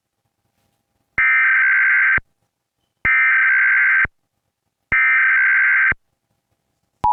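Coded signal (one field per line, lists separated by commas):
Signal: Emergency Alert System (SAME) tones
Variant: header bursts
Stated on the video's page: National Periodic Test on WDFA-TV with EASyPLUS screen, recorded by microphone with faint background noise.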